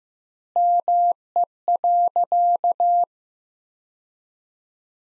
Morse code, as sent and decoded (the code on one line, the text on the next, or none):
-- . .-.-.-
ME.